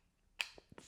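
After cleaning, the circuit board goes back into the plastic shell of a Game Boy game cartridge with the chips facing out, and the shell half is pushed back on. It snaps closed with a sharp, bright click at 0.4 s, followed by a few softer plastic knocks near 0.6, 0.7 and 0.8 s. The shell is seated.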